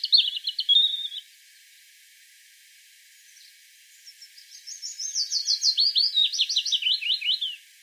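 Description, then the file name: European robin song: a short trilled phrase opening, then after a pause of about three seconds a longer high, tumbling sequence of rapid descending notes. "Erithacus rubecula"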